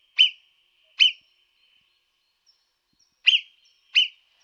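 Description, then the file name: Marmot whistling in short, piercing bursts. There are two whistles, a two-second silence, then two more. "Marmotta da xenocanto"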